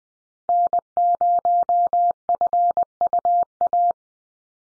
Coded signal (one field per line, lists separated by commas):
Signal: Morse code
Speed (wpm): 20 wpm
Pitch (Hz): 700 Hz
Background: none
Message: N0FUA